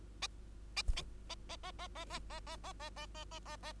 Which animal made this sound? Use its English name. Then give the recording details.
Bengalese Finch. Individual Bird2